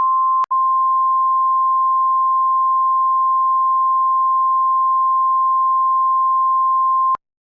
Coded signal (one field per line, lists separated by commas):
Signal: Emergency Alert System (SAME) tones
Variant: 1050 Hz attention tone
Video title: EAS Scenario: Deadly Lettuce (Based Upon Real Current Events) (Sneak Preview)